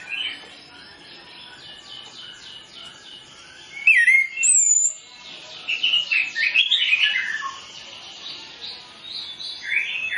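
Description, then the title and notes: Orange-headed Thrush song: a steady run of rapid, repeated notes, then clear rising and falling whistles near four seconds, followed by a busy, varied warble. Training lure recording of song with full mimicry fill-in phrases, played to prompt Orange-headed Thrushes to sing quickly and freely. "Masteran Anis Kembang Full Isian Untuk Suara Pancingan Anis Kembang Agar Cepat Ngeplong. Suara Burung Anis Kembang"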